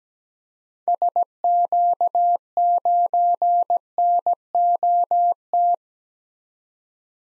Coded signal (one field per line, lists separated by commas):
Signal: Morse code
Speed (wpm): 17 wpm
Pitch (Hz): 700 Hz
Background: none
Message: SQ9NOT